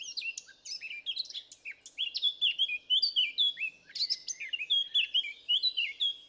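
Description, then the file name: Eurasian blackcap song, a continuous, energetic warble of mixed scratchy and pure fluty notes running steadily throughout. "Sylvia atricapilla"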